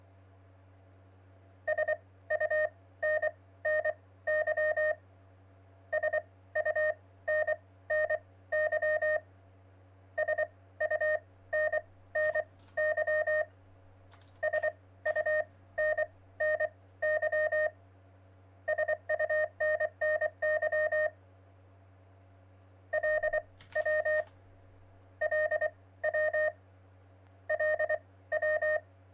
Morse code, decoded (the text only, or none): SUNNY SUNNY SUNNY SUNNY SUNNY LW LW LW